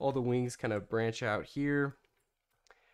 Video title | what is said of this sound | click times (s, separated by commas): Holy Stone 430 Foldable Drone! 40 Minute Flight Time! 1080P Camera! | and then they lock into place they kind of snap into place | 2.7 s